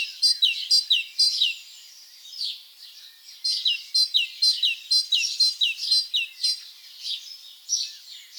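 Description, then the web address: Great tit song in several strophes of repeated see-saw two-note phrases, high then falling, about two each second, with quieter notes between. "SETE data Parus major"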